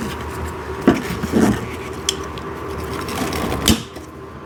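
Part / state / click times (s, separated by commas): caster wheel stem into office chair base socket / not seated / none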